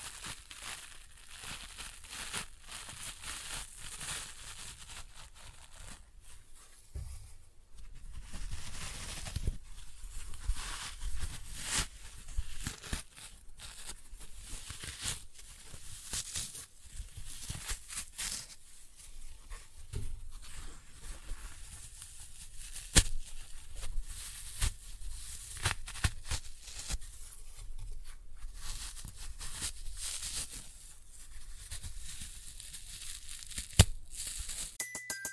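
Floral foam packed with glitter is being crushed, giving a steady stream of dry crackling, crumbling and crinkling through the whole clip. The texture is dense and bright, with frequent sharper snaps, louder bursts after about eight seconds, and a few standout cracks near 23 and 34 seconds.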